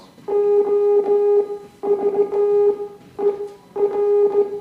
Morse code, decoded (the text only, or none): OVER